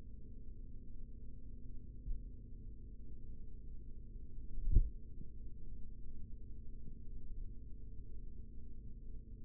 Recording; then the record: forearm muscle sounds (acoustic myography)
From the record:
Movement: rest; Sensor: system 3, bracelet of six PUI Audio POM-2738L microphones around the upper forearm, with dedicated amplification and filtering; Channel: 3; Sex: male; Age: 56 years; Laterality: right